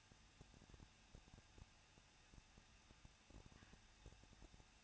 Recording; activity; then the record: daily activity, microphone in the room; no activity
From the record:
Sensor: 2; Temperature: 21.0 degrees Celsius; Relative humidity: 37.4%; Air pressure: 1006.2 hPa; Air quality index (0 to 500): 222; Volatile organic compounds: 24 ppm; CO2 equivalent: 2811 ppm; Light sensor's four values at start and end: 2/3/2/2 and 2/3/2/2